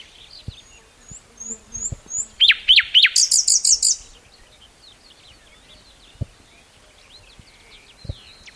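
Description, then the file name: Common nightingale song: soft rising notes, then loud sweeping strokes and a rapid metallic repeated phrase, followed by quieter varied warbling and a few clicks. "Luscinia megarhynchos"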